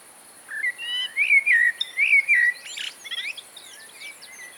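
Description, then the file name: Eurasian blackbird song: a string of rich, rising and falling whistled notes, then a scratchy high twittered flourish trailing off into softer chirps. "Turdus merula"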